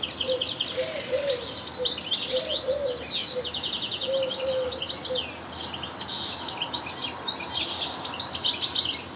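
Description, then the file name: European goldfinch in a sustained tinkling twitter of fast high notes and brief buzzes, with a soft low hum beneath. "Carduelis carduelis"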